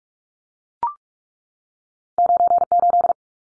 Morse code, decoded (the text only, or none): 98